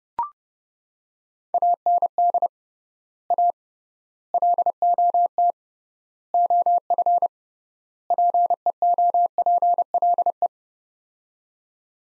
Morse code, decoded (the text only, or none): AND A LOT OF PEOPLE